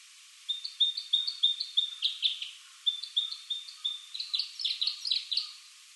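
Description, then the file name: Red crossbill calls: a run of short, thin, level whistled notes followed by louder downslurred chips, repeated rapidly in loose bursts across several seconds. Recorded at Shimokita on 27 March 2012. "isuka shimokita mikami"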